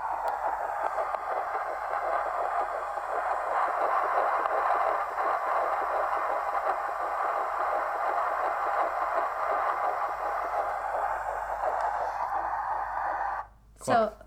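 A steady, rapid whooshing pulse in the mid tones fills the clip, with a brief sharp sound at the end. It is a fetal heartbeat picked up by an at-home fetal Doppler used by the mother at 10 weeks 5 days of pregnancy, at 170 beats per minute.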